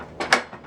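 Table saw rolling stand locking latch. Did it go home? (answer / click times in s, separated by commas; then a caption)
released / 0.3 s. A Ridgid R4550 portable table saw on its folding rolling stand is set down, and the stand's locking latch releases with a sharp mechanical clack at 0.3 s after a brief rattling thud just before. The stand comes unlocked.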